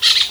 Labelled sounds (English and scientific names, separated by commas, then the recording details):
Brown-throated Parakeet (Eupsittula pertinax) contact call
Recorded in Venezuela
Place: Guárico; Corozopando; Fundo La Fe
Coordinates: 8.506, -67.593